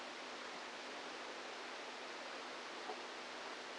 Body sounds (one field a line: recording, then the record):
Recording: brain microelectrode recording played as sound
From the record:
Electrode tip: outside the subthalamic nucleus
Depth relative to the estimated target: -5 mm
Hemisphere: right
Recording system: NeuroSet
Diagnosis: Parkinson's disease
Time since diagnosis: 8 years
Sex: male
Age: 46 years